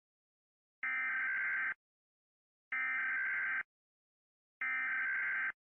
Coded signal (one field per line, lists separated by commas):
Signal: Emergency Alert System (SAME) tones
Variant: header bursts